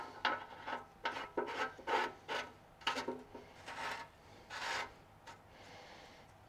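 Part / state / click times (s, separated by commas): temperature sending probe fitting into transmission housing port / not seated / none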